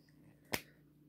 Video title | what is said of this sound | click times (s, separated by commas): TO REDUCE SCARRING | did you hear it it snapped in place | 0.5 s